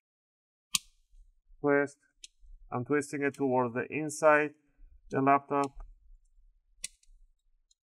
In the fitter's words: you want to hear those clicks